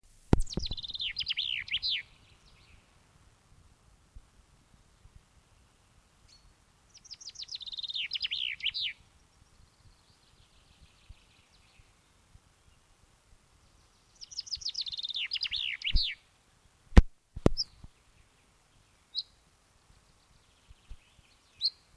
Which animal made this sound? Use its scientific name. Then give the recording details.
Fringilla coelebs. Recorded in the wild. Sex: male. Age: adult. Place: Erlangen, Bayern, DE. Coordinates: 49.635, 10.9528. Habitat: pond. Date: 1962. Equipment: Stellavox SM 5, langes Kabel. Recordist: Tretzel, Erwin